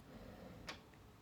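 The clicker tab at the front of a cyan ink cartridge in the carriage of an Epson XP-3200 inkjet printer is pressed in, and the latch clicks open at 0.7 s, releasing the cartridge. A fainter tick follows at 0.9 s over a low, steady background hum.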